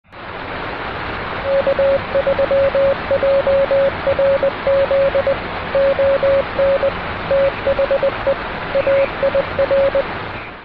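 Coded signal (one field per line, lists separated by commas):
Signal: Morse code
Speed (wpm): 20 wpm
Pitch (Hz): 550 Hz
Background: radio noise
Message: K3JRZ ON THE AIR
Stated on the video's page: CW contacts from a Parks On The Air activation using a Yaesu FT-991, Chameleon MPAS 2.0 antenna and battery power.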